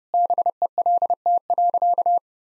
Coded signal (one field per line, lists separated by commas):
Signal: Morse code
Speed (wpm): 28 wpm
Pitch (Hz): 700 Hz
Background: none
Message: BELT.